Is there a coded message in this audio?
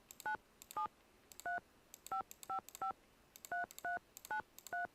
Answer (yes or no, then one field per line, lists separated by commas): yes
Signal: DTMF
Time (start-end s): 0.3-4.9 s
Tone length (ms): 120 ms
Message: 9735553393